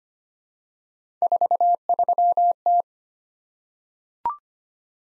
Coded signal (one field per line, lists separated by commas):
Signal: Morse code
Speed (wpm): 25 wpm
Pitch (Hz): 700 Hz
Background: none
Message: 43T